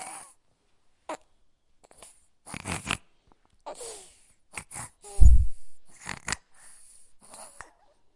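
Short, irregular breathy and snorting breath noises come in bursts over about eight seconds, with one deeper, rumbling snore near the middle. This is a sleeping baby's light snoring and noisy breathing.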